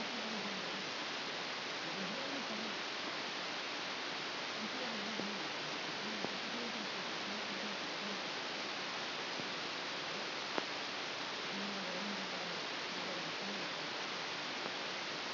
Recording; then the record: brain microelectrode recording played as sound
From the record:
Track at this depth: inside the subthalamic nucleus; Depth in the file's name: 3.524 mm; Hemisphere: left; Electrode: 2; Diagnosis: Parkinson's disease